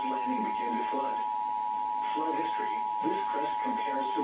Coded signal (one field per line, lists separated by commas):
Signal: Emergency Alert System (SAME) tones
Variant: 853 and 960 Hz attention tone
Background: speech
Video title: EAS 989-990 - FLW on KEC83 and WJON/IP